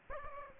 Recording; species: mosquito wingbeat signal from an infrared sensor; Aedes aegypti